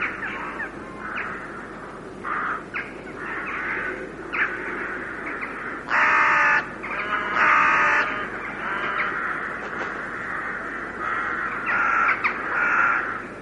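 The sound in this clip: Carrion crow cawing in a rough series of hoarse calls, with two louder, fuller caws near the middle, separated by short gaps.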